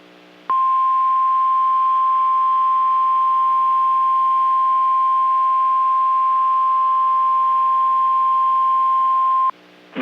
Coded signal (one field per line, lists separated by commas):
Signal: Emergency Alert System (SAME) tones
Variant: 1050 Hz attention tone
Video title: EAS Compilation, Severe Weather Outbreak: March 21, 2022 on NOAA Weather Radio Station KEC55